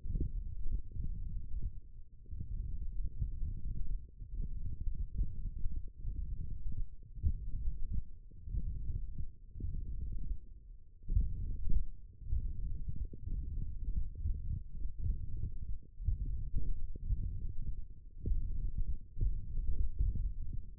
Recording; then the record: forearm muscle sounds (acoustic myography)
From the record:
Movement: tripod grip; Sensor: system 1, eight BSWA MPA416 microphones around the upper forearm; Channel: 7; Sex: male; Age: 21 years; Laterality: right